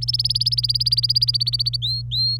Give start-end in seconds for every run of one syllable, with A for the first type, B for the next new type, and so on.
0.02-1.76 A, 1.82-2.40 B